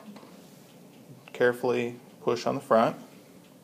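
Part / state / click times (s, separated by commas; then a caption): plastic screen bezel bottom snap into laptop display lid / not seated / none. A plastic screen bezel on an HP Pavilion G6 laptop is being fitted at its bottom snap points into the display lid, with pressure on the front and a hand on the back. Someone talks, and a faint tick is heard near 0.2 s. Nothing has seated or clicked into place yet.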